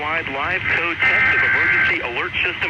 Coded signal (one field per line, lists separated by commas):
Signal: Emergency Alert System (SAME) tones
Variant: header bursts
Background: speech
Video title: National Emergency Alert System Test (November 9th, 2019) during a Talking Tom Friends Scenario vid